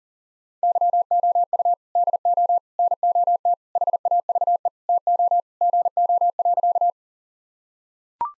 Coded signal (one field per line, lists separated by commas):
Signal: Morse code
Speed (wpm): 40 wpm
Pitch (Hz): 700 Hz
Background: none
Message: YOU DO NOT HAVE TO GO.